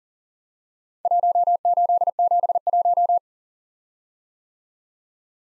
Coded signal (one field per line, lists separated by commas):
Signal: Morse code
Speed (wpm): 38 wpm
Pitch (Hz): 700 Hz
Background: none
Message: 1871